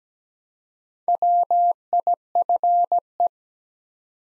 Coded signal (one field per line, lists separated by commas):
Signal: Morse code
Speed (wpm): 17 wpm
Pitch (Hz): 700 Hz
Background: none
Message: WIFE